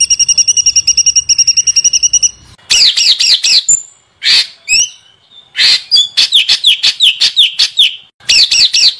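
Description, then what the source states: White-eye song: a steady rapid trill with a lower parallel tone, then lively bursts of sharp chirps and wavering, warbling whistles. Training recording of continuously singing (gacor) white-eye song with rapid bursts (tembakan).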